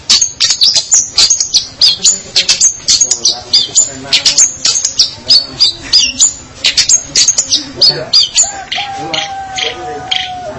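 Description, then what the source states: Long-tailed shrike song: rapid, sharp, high-pitched notes poured out in a busy, uneven stream, fading into softer notes and a thin whistle at the end. Indonesian local name pentet; labelled 201703.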